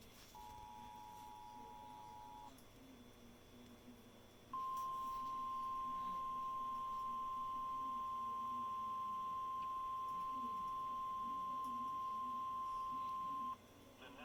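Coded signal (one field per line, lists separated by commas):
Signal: Emergency Alert System (SAME) tones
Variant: 853 and 960 Hz attention tone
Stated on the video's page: Severe thunderstorm warning SAME alert from the National Weather Service.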